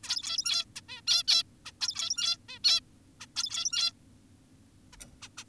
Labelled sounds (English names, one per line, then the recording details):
Zebra Finch
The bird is an adult
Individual g17y2U